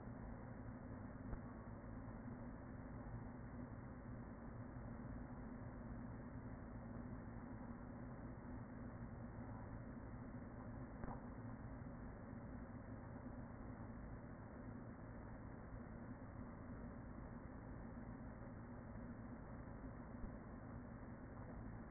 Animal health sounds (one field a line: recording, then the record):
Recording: honeybee colony, microphone inside the hive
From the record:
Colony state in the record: queen present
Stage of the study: after two queens were removed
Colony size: about 40,000 bees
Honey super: no